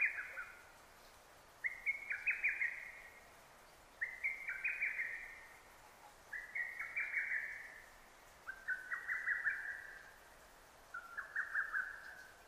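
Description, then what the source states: Lesser cuckoo song, a loud run of rapid whistled notes repeated several times about every two and a half seconds, each phrase tailing off. Recorded 6 June 2009.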